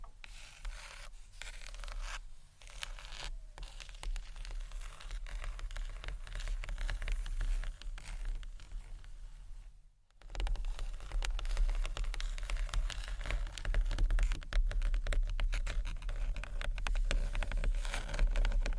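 Gentle scratchy tapping on books, a dense crackle of fine scrapes and taps with a low steady rumble underneath. The texture runs continuously, breaks into a brief near-silence around ten seconds, then returns busier and louder to the end.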